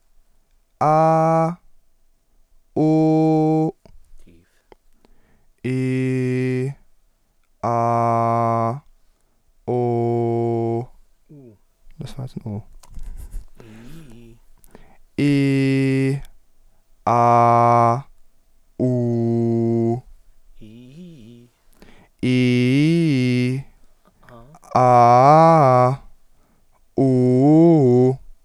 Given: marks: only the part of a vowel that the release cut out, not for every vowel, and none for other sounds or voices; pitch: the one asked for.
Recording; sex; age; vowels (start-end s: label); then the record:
sustained vowels; male; 20 to 29 years
0.88-1.44 s: vowel /a/, high pitch
2.83-3.58 s: vowel /u/, high pitch
5.72-6.58 s: vowel /i/, low pitch
7.72-8.64 s: vowel /a/, low pitch
9.87-10.61 s: vowel /u/, low pitch
22.44-23.36 s: vowel /i/, low-high-low pitch
24.86-25.83 s: vowel /a/, low-high-low pitch
27.07-28.07 s: vowel /u/, low-high-low pitch
From the record:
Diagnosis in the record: healthy voice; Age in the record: 21 years